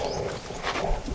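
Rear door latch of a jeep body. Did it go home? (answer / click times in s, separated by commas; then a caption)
no / none. The metal rear door of a restored vintage jeep is swung closed by hand, with a steady rustling, shuffling sound throughout. The clip ends just before the door reaches its latch, so nothing has seated or clicked yet.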